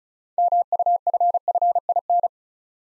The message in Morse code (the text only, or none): MUFFIN